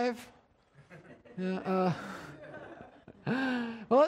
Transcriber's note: audience laughs